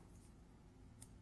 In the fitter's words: once it's locked into place again